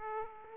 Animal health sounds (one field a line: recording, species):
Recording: mosquito wingbeat signal from an infrared sensor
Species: Aedes aegypti